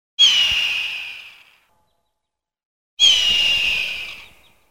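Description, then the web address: Hawk giving two harsh, hoarse screams about three seconds apart, each starting sharply and fading away, with silence between. "hawks-eagles Hawk"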